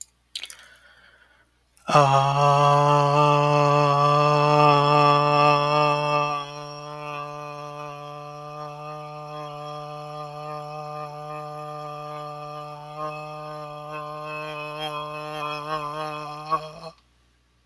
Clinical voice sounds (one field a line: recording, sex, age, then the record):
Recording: vowel held as long as possible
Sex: male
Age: 40 to 49 years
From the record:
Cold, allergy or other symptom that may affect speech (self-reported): no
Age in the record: 42 years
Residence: California, United States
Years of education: 16